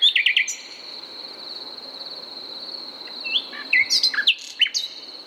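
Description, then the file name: Common nightingale singing a rapid stuttering opening, a long pause, then varied whistled and chirping notes, over a steady high-pitched background hum. "Luscinia megarhynchos"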